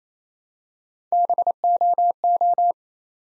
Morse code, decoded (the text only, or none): BOO